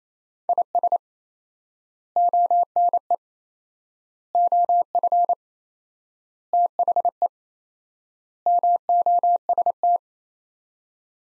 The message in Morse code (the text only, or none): IS ONE OF THE MOST